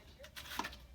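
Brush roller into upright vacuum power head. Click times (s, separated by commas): 0.6 s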